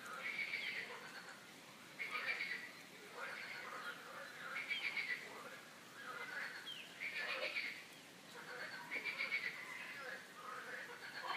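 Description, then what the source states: Frog chorus of buzzy, pulsed croaks in bursts roughly every second or two, several callers overlapping throughout. Frogs croaking in a park; the calls are described as a quack-like 'coin-coin'.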